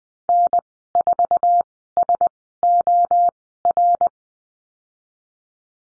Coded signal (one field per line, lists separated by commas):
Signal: Morse code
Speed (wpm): 20 wpm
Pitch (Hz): 700 Hz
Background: none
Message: N4SOR